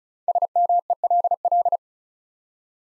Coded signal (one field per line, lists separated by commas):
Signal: Morse code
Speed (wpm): 36 wpm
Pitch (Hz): 700 Hz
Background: none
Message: SMELL